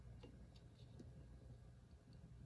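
The diaphragm on a microscope stage is handled and rotated one more time as a repeat demonstration of its detent. Faint, light ticks sit over a steady low rumble. The clip ends before the part goes home, so nothing has clicked or seated yet.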